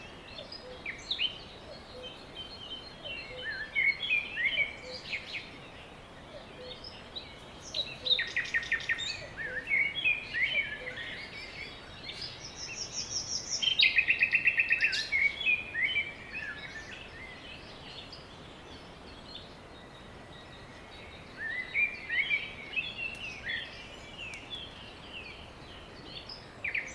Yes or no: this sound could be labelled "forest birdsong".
yes